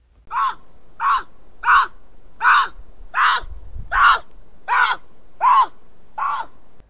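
Bobcat calling with nine short, hoarse, yowling bursts repeated steadily, roughly every three quarters of a second.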